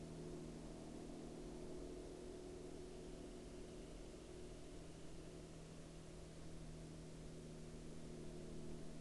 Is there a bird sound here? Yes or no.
yes